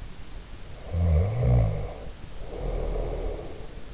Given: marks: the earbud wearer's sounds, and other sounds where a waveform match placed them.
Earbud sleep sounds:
sounds in sleep by an in-ear microphone; snoring breath
0.74-3.88 s: snoring breath

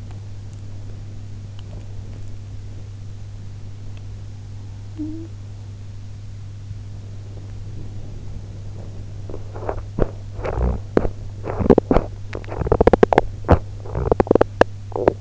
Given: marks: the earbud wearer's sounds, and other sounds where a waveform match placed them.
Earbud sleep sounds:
sounds in sleep by an in-ear microphone; teeth grinding, talking in sleep
0.00-2.29 s: teeth grinding
4.90-5.35 s: talking in sleep
6.83-15.21 s: teeth grinding

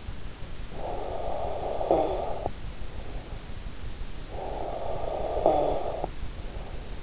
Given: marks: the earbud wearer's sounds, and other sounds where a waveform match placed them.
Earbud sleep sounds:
sounds in sleep by an in-ear microphone; snoring breath
0.62-2.77 s: snoring breath
4.19-6.35 s: snoring breath

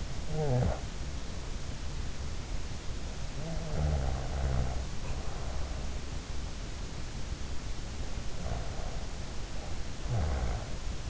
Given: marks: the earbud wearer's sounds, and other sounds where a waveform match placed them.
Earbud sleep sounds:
sounds in sleep by an in-ear microphone; snoring breath
0.00-0.98 s: snoring breath
3.29-5.97 s: snoring breath
8.20-11.10 s: snoring breath

